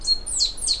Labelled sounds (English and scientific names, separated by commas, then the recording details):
Stitchbird (Notiomystis cincta) song
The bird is a male
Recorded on Tiritiri Matangi Island, New Zealand, in 2005
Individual 10, of nest box 12